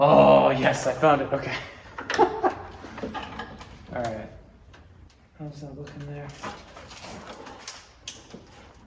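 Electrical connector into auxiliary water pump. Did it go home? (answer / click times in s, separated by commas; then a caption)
yes / 8.1 s. On a manual E53 X5 with 270k miles, the auxiliary water pump's electrical connector is pushed back onto the pump while someone talks. A sharp click at 8.1 s marks the connector seating.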